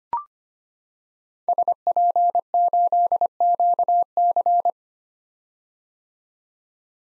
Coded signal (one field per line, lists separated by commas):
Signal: Morse code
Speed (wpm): 25 wpm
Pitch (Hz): 700 Hz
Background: none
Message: SP8QC